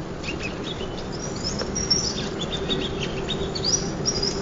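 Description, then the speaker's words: Ruby-crowned Kinglet song call, a run of thin high chirps and short twittering notes scattered throughout over steady low background rumble. Single male up in a spruce tree during fall migration, giving a happy little song call rather than chittering; 45°F, 9 a.m., September 7th. "That's kind of a happy little song call. He's not doing his chittering."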